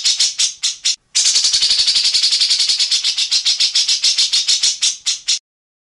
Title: CUCAK JENGGOT GACOR FULL BESETAN KASAR DURASI PANJANG